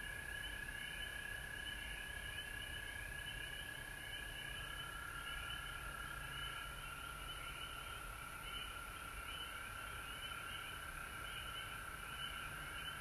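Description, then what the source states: Frogs calling together, a rapid rhythmic trill riding over a steady drone whose pitch shifts slightly partway through, continuous with low background rumble. Several frogs recorded at home in Georgia on March 19, 2020.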